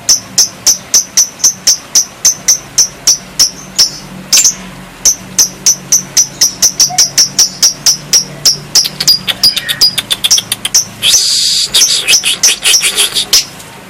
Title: kicau gelatik